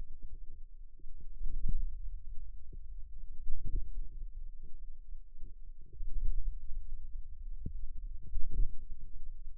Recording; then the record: forearm muscle sounds (acoustic myography)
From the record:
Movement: hand closing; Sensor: system 2, bracelet of six BSWA MPA416 microphones around the upper forearm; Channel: 5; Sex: female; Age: 22 years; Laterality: right